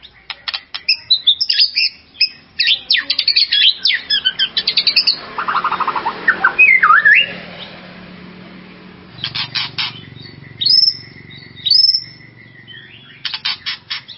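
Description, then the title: White-rumped shama song: a varied, rich sequence of whistles, rattles and rapid notes, with gliding phrases and pauses between bursts. "murai batu"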